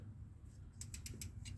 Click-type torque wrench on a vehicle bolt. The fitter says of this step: very distinct click right there you hear that click again